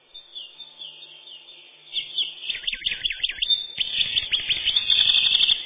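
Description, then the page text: Eurasian wren delivering a loud, tumbling song of quick looping high notes and trills that builds steadily to the end. "Крапивник, или подкоренник, орешек (лат. Troglodytes troglodytes)"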